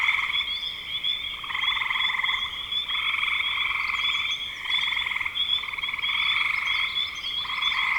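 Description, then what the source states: Frog chorus with steady buzzy trilled calls, several callers overlapping in repeated bursts. Frogs in spring 2025.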